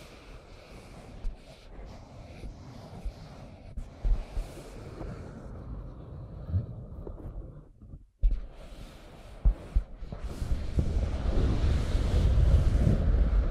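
Scratching and tracing sounds, a dense low rustle with scattered sharp knocks near 1, 4, 8 and 10 seconds. Around 7 to 8 seconds it thins to near silence, then returns louder and rougher, building to a steady, grainy scrape through the final seconds.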